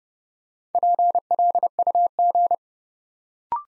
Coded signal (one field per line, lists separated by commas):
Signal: Morse code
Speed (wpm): 30 wpm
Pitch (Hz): 700 Hz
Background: none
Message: PLUG